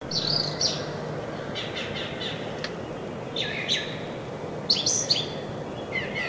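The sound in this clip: Brown thrasher song of high, scratchy phrases, partly masked by steady background noise.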